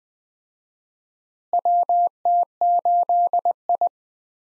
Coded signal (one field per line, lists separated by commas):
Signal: Morse code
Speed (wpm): 20 wpm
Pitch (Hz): 700 Hz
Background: none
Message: WT8I